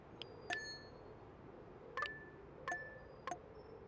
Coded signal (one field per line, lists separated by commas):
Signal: none